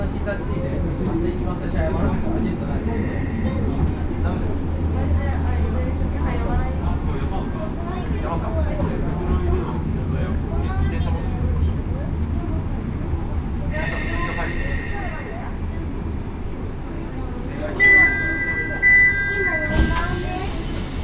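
Voices chatter steadily aboard a crowded one-car railbus on the Akechi Railway, set against a low, constant engine drone. Brief bright squeals and tones cut in around the middle and again near the end, closing with a sharp hiss.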